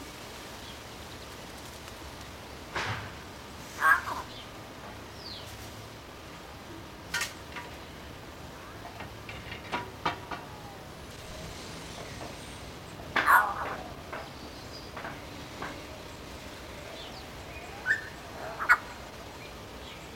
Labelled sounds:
Yellow-faced Myna call

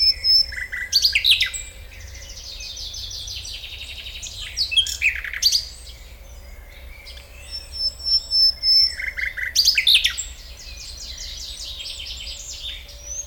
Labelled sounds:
Common Nightingale

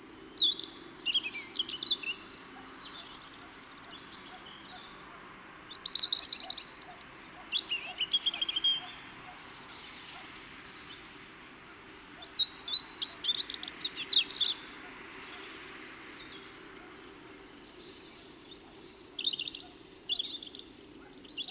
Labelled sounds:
European Robin song

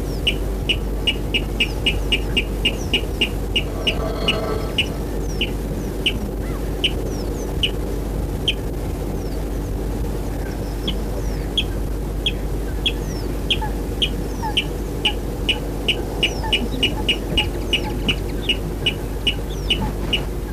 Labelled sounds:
Water Rail

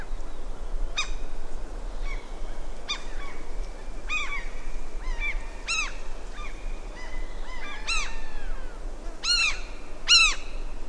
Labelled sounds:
Common Gull call

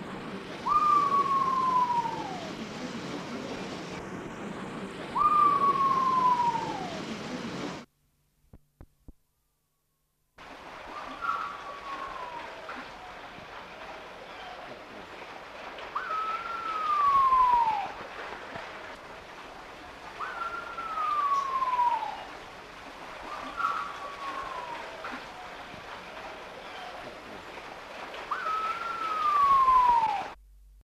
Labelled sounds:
Pheasant Pigeon call

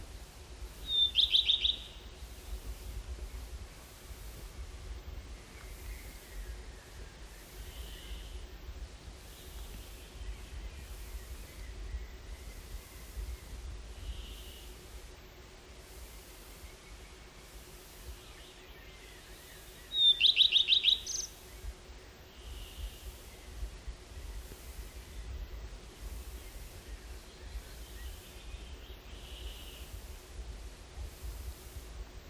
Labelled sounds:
Common Redstart song

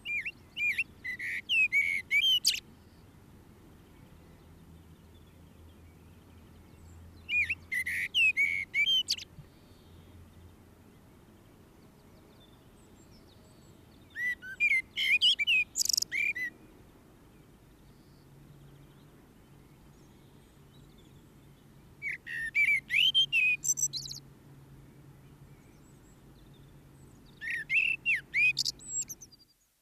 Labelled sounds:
Common Blackbird song

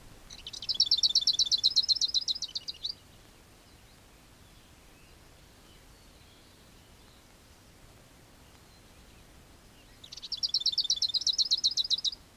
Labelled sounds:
Lesser Whitethroat song

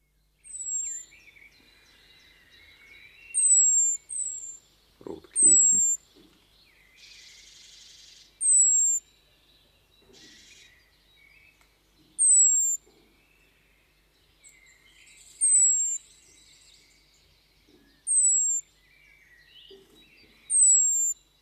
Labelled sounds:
European Robin call

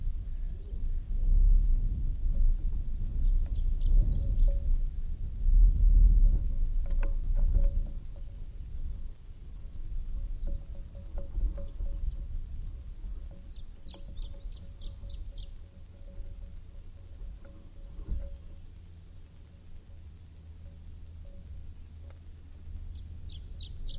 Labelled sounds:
Canary Islands Chiffchaff song

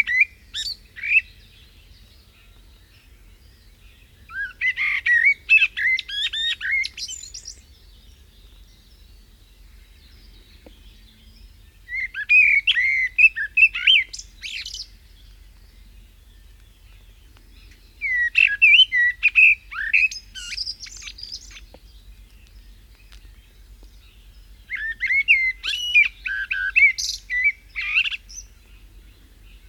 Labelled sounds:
Common Blackbird song

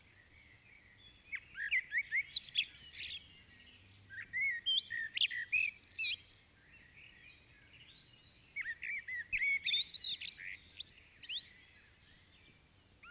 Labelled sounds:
Common Blackbird song

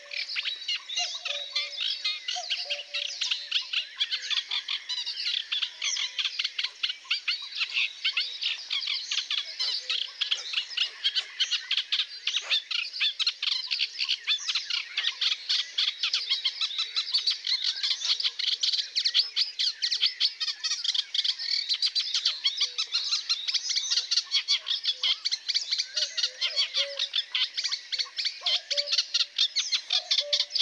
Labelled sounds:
Eurasian Reed Warbler song

